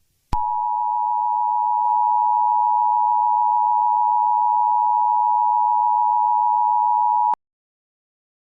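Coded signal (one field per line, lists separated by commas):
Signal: Emergency Alert System (SAME) tones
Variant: 853 and 960 Hz attention tone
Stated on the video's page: Fictional EAS scenario.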